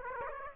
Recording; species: mosquito wingbeat signal from an infrared sensor; Aedes aegypti